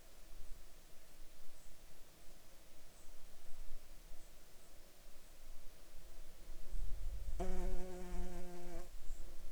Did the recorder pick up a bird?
no